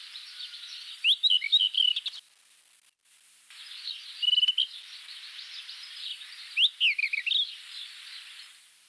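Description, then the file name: Rufous-tailed scrub robin song: three bursts of scratchy, musical warbling separated by short pauses, set against a steady background hiss. "Cercotrichas galactotes Agrobate roux"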